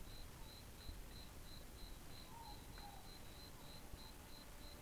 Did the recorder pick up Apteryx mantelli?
no